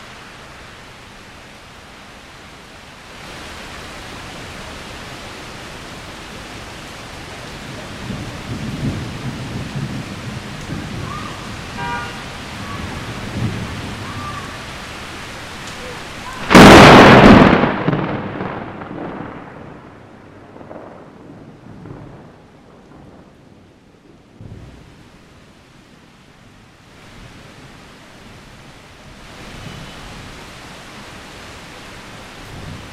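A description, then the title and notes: Rain falls steadily while low thunder rumbles through the first half, building around eight to fifteen seconds. A sharp, loud crack of thunder hits at about seventeen seconds, then rolls off into a fading rumble. Steady rain continues afterward. Thunder and rain.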